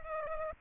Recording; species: mosquito wingbeat signal from an infrared sensor; Culex pipiens